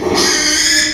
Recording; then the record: squeal of a Yucatan mini pig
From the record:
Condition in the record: after surgery on the right vocal fold (resection and tissue-engineered implant); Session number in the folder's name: 2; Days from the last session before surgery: 13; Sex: male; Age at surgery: 12 weeks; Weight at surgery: 13 kg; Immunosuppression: cyclosporine, prednisolone